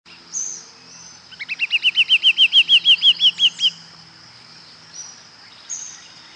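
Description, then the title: Green-backed becard giving a rapid series of many clear, slurred notes that grow louder, with a steady high hiss and a few thin, high chips. Nominate subspecies Pachyramphus viridis viridis. "LuckyPassaro Completos2Sama. Green-backed Becard"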